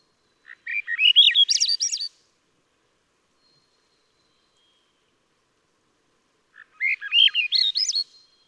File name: Swainson's Thrush